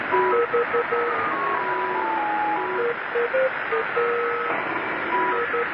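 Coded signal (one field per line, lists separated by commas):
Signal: numbers station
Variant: Lincolnshire Poacher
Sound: a simple electronic folk tune in steady pure tones over heavy shortwave hiss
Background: radio static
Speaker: one known as the lincolnshire poacher and believed to be run by the british out of cyprus broadcast nothing but strings of numbers and this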